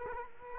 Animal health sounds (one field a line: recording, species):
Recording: mosquito wingbeat signal from an infrared sensor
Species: Culex quinquefasciatus